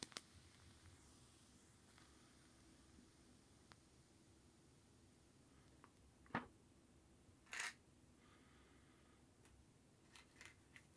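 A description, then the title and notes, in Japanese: Matches from a box are struck, with a sharp scrape near six seconds, a brief hissing flare, and scattered small ticks. マッチを擦る音（Binaural）- The sound of strike a match。一箱のマッチを擦りました。小さな火がつく音がとても良いです。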